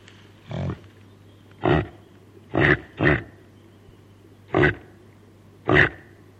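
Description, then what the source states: Reindeer making six coarse grunting calls, spaced one to two seconds apart, including a close pair, with a low steady hum in the background. Female reindeer calling to her calf.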